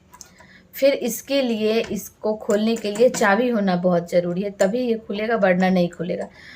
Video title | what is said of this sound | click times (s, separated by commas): Pahli bar Man aur beta itna jyada dare hue The kabhi socha nahin tha aisi situation hoga 👍 | push करने के बाद यह balcony हमारा lock हो जाता है। | 0.2 s